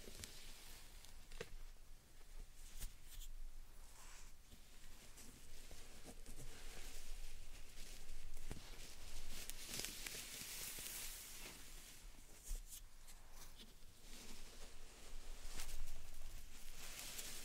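Slime and sand triggers: constant soft squishing and gritty crackling with brief sharp taps near 1.5, 8 and 16 seconds, swelling brighter around 10 seconds.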